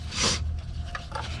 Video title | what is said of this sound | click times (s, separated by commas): 2013-2017 Honda Accord 2.4L Valve Cover Gasket Replacement | it snaps into place just like that | 1.0 s